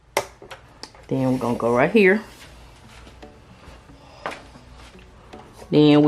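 The red locking button on a 3-in-1 laminator's trimmer/scoring head is pressed down after the head is turned to the cutting position. A loud, sharp snap at 0.2 s locks it in place, followed by a few fainter clicks while someone talks.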